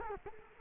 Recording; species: mosquito wingbeat signal from an infrared sensor; Culex quinquefasciatus